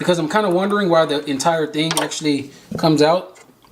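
Someone talks while handling a removable stitch part, possibly a stitch-forming or looper-related plate, on a Brother 1034DX serger before putting it back in. Nothing has seated or clicked yet; the clip ends just before the part goes home.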